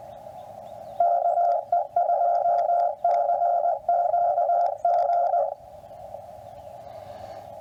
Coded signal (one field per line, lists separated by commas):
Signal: Morse code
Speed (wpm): 20 wpm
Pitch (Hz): 700 Hz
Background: radio noise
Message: KE2CQG